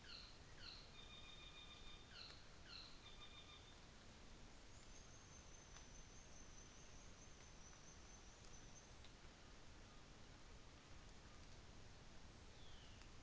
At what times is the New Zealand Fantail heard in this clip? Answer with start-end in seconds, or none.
4.60-9.03